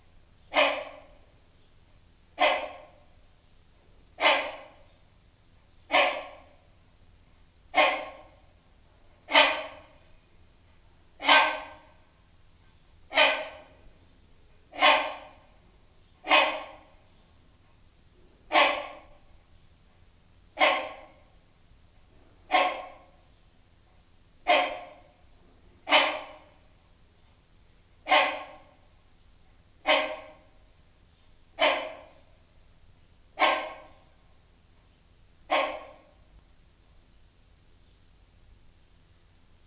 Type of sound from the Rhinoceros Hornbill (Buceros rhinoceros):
call